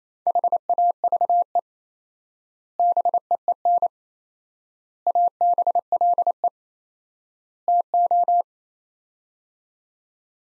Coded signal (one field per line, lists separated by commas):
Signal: Morse code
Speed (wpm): 28 wpm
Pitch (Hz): 700 Hz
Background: none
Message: HAVE BEEN ABLE TO